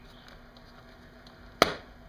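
A plastic trim panel on a Ninja 1000 / Z1000 motorcycle is pressed back into the fairing so its small tabs lock into their slots. A few faint ticks come at 0.3, 0.6 and 1.3 seconds, then one sharp, loud snap at 1.6 seconds that fades quickly. The panel seats.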